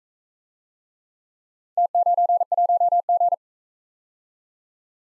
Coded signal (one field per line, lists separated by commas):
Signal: Morse code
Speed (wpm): 44 wpm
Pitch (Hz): 700 Hz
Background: none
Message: T91G